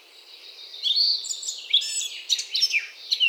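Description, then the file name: Eurasian blackcap: warbling songbird, likely a Eurasian blackcap, giving a hurried, scratchy run of mixed notes against a light hiss. "Sylvia atricapilla"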